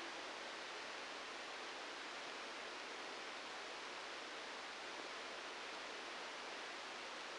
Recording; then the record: brain microelectrode recording played as sound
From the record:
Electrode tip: outside the subthalamic nucleus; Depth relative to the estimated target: 1 mm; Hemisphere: right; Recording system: NeuroSet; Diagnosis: Parkinson's disease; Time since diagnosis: 9 years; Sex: male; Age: 56 years